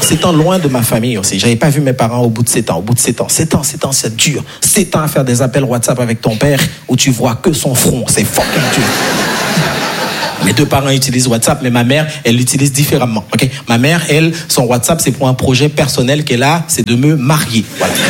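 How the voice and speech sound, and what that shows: A man talks in French at a brisk, fluent stand-up pace with a low, steady voice. He repeats a phrase for comic emphasis, and a short burst of audience laughter fills the middle. The speech is clear and ordinary.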